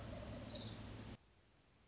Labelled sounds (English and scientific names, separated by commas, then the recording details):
Orange-crowned Warbler (Leiothlypis celata)
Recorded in Sonoma County, California